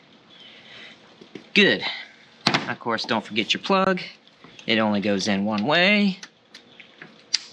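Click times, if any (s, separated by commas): 7.3 s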